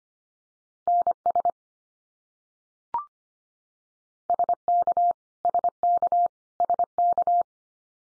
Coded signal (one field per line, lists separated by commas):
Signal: Morse code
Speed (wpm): 25 wpm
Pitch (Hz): 700 Hz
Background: none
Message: NS SK SK SK